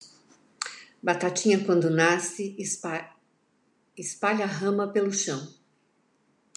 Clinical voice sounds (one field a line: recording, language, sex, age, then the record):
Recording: short text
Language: Brazilian Portuguese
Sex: female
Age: 60 to 69 years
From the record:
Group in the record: control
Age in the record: 65 years